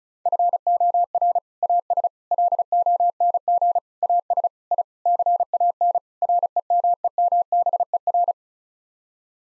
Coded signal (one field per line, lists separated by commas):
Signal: Morse code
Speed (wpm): 36 wpm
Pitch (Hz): 700 Hz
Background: none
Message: FOR AS LONG AS I CAN REMEMBER